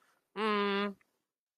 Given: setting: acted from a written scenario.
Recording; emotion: vocal sound without words; neutral